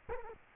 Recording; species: mosquito wingbeat signal from an infrared sensor; Culex quinquefasciatus